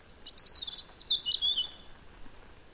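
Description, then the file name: European robin singing two quick high phrases, thin sparkling trills sliding downward, the second following after a short pause; faint background hiss. "Erithacus rubecula"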